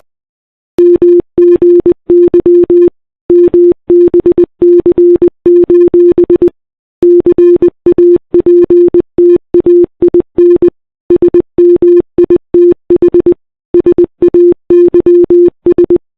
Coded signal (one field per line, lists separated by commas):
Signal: Morse code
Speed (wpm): 20 wpm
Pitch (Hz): 350 Hz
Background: none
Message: MGY MBC: CAPTAIN SMITH SAYS